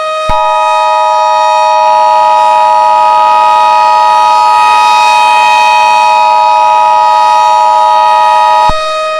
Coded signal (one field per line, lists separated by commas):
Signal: Emergency Alert System (SAME) tones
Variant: 853 and 960 Hz attention tone